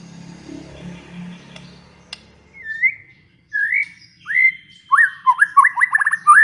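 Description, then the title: White-rumped shama song: separate upslurred whistles building into a rapid series of rising notes, after a low background hum. Lure sound of a chatty singing shama, meant to make another bird respond and sing. "PANCINGAN MURAI BATU GACOR"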